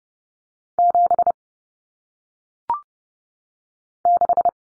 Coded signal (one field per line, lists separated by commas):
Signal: Morse code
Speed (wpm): 30 wpm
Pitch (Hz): 700 Hz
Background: none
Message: 7 6